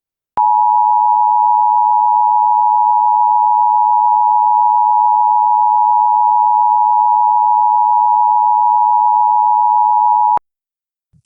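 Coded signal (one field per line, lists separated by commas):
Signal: Emergency Alert System (SAME) tones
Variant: 853 and 960 Hz attention tone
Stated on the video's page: Fictional hypothetical EAS scenario with simulated alert tones.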